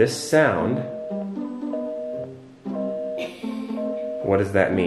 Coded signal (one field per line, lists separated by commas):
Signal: telephone call progress tone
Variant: North America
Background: speech, music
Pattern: busy tone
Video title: KIDS REACT TO A ROTARY PHONE! | Somers In Alaska